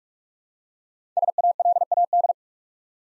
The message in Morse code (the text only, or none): SALAD